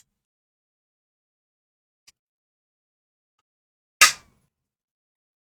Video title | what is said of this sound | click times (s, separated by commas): Is The Mummy Moebius Kit Worth What People Are Paying? | All right. So, you heard that click yourself. | 4.0 s